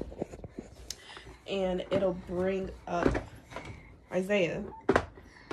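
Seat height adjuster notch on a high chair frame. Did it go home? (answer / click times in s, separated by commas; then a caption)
yes / 4.9 s. Someone talks while the plastic seat of a Classic Jeep high chair is pushed up from the infant position toward high chair height. A sharp click at 4.9 s is the seat height adjuster locking into the next notch on the frame, raising the seat by one level.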